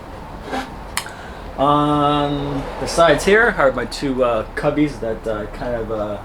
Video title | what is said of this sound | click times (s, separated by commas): JKU BUILD // DIY Jeep JKU Storage Slider Update Part 4 | and then it locks in place and like that this is locked | 1.0 s